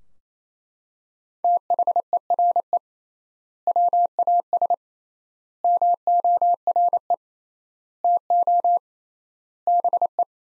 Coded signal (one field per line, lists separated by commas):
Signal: Morse code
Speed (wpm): 27 wpm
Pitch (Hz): 700 Hz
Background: none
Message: THERE WAS MORE TO BE